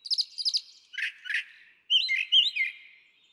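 Brown Thrasher: songbird phrases: a quick doubled chirp, two rough notes, then a sweeter warbled phrase, all within a few seconds.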